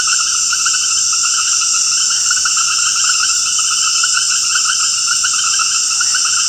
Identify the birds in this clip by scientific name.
none